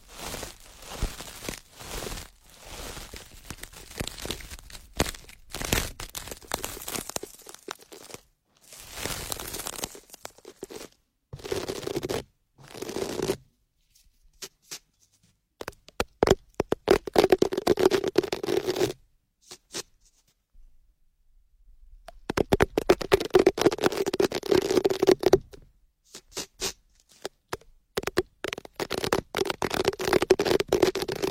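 Ear picking makes crackly, scratchy rustling in uneven bursts, with dense crinkling and crunching textures that start and stop. Near-silent gaps fall around 14 and 20 seconds, and longer scratching runs return afterward, some carrying a low, steady hum beneath the crackle.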